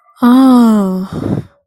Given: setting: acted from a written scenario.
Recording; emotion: vocal sound without words; disappointment